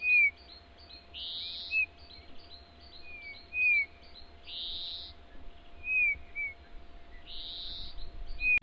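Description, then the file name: Eurasian bullfinch calls: short, soft, down-curving whistled notes, repeated at intervals, alongside harsh buzzy bursts and high clicking notes. "Pyrrhula pyrrhula"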